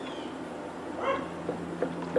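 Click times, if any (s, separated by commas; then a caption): none. A small press-in part is pushed by hand into the carburetor body of a Briggs 500 Series lawnmower engine from a dumpster find, because there is no socket of the right size to press it. Low handling noise and a steady hum are heard, with a few short sharp taps near the end. Nothing has seated or snapped in yet when the clip ends.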